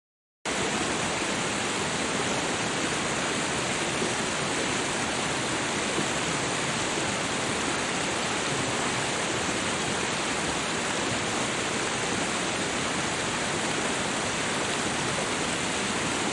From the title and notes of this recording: Soothing Water Sounds.